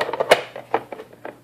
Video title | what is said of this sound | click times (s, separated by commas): ✅ Cisco WAP571 - AC/N Dual Radio Wireless - Cisco cheaped out on LED indicators and smooth finish! | it just snaps into place and to remove it you just pull this up and | 0.3 s